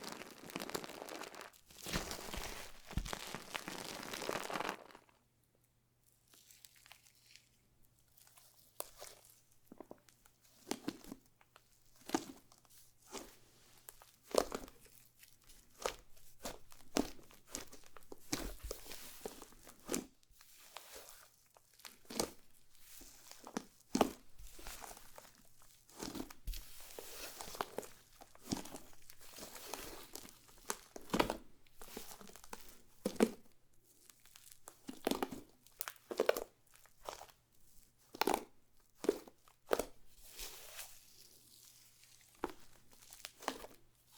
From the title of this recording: Satisfying ASMR Slime